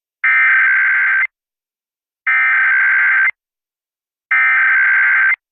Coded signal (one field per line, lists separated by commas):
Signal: Emergency Alert System (SAME) tones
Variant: header bursts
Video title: EAS National Periodic Test